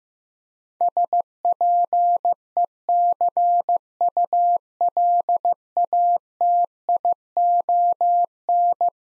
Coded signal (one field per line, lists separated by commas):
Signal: Morse code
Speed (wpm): 16 wpm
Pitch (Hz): 700 Hz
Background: none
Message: SPECULATION